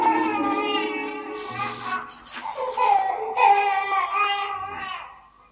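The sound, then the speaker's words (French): A baby boy wails loudly and steadily, his high, strained cry rising and falling in pitch with a couple of short catches for breath before trailing off at the end. “Ne pleure pas, petit homme.”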